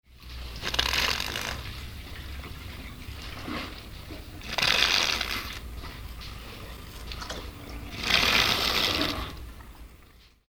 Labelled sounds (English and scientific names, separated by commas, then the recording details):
Sloth Bear (Melursus ursinus)
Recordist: Tembrock, Günter
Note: Saugtrinken